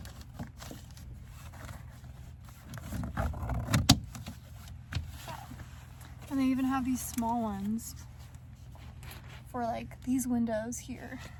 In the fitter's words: Um, but these like click into place, which I really like that.